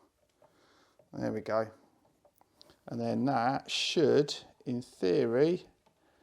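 A display lead clip is handled as it is fed under the bus bar toward its battery socket, with a few faint handling taps around 0.4 s and 2.4–2.7 s. Someone talks. Nothing has seated or clicked yet.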